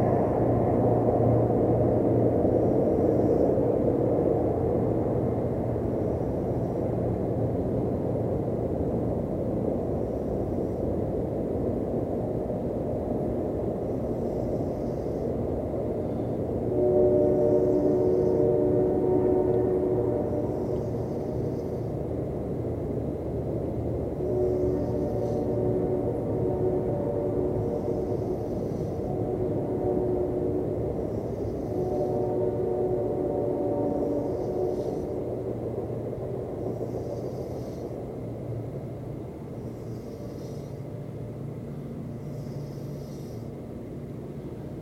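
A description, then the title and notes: A distant train rumbles low and steady for the whole stretch, with faint drawn-out tones, while soft, regular snoring breaths recur every few seconds. This is a recording from a night of open air camping that captures different relations to sleeping outdoors. The sounds of a distant train that occasioned this late-night recording session. The snores of other campers resting uninterrupted.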